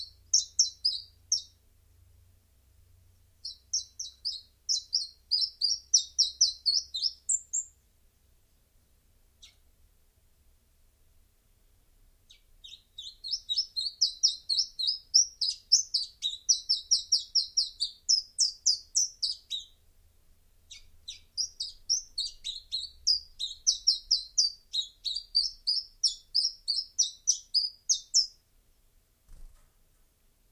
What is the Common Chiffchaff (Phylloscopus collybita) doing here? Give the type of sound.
song